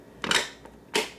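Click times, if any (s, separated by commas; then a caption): 0.2 s. A plastic cover piece is pressed back into the dispenser housing of a GE refrigerator after the heater wires are routed through its slot, during a repair of a frozen water dispenser. A sharp plastic snap at 0.2 s is followed by a second crackle near 0.3 s, a faint tick around 0.7 s, and another bright rattling burst near 1.0 s. The cover snaps back in and is seated.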